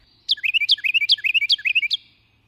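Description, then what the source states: Carolina wren song: five loud, rolling phrases, each a sharp downslurred note followed by a quick chirpy flourish, repeated rapidly over about two seconds. Carolina wrens are especially creative in their choice of nest sites.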